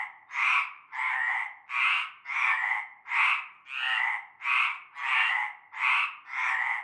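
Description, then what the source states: Frogs croaking in chorus, loud rasping pulses repeating steadily, with nothing else heard. Chorus heard from nightfall in a large concrete basin with a shallow layer of stagnant greenish water, Avenue Cante Coucou, Groupède, La Ciotat, Bouches-du-Rhône, France.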